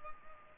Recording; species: mosquito wingbeat signal from an infrared sensor; Culex pipiens